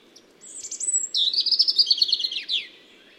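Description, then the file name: European robin song: a high thin whistle followed by a rapid sparkling trill, ending with a short falling note. "Erithacus rubecula"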